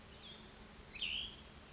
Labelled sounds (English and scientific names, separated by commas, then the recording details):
Cassin's Vireo (Vireo cassinii)
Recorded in Sonoma County, California